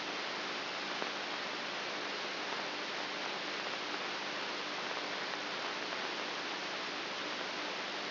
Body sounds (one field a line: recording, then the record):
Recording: brain microelectrode recording played as sound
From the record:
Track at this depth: inside the subthalamic nucleus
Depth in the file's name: 5.24 mm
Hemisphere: right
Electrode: 3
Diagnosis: Parkinson's disease